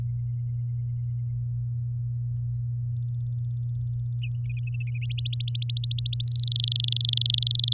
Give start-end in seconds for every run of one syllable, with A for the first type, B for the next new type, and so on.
5.10-6.25 A, 6.28-7.73 B